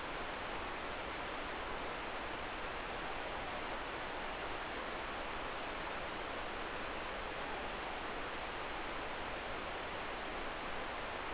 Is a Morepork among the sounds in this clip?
no